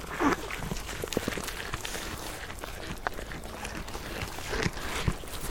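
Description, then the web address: Alpaca eating: crunchy, irregular chewing and rustling of fodder, with soft thumps and scattered clicks throughout. Female alpaca eating. "Sound Effects-Foundation 1 ANIMAL ALPACA FEMALE EATING"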